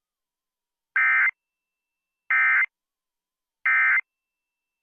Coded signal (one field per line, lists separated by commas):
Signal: Emergency Alert System (SAME) tones